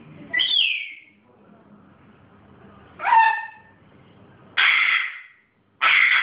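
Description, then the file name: Grey parrot calling with a falling screech, a buzzy broken note and two harsh broad squawks, spaced unevenly across roughly six seconds. Pet grey parrot; its first sounds. "moy zoro zhako popugay pervye zvuki"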